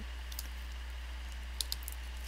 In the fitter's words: there we go popped in you can hear the audible snap this guy comes down over it